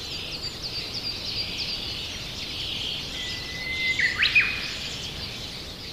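Japanese bush warbler song, a drawn-out whistle then an emphatic rising and falling flourish, set against persistent high background noise.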